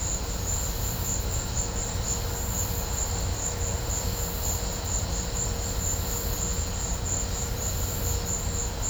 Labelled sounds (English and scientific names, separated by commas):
none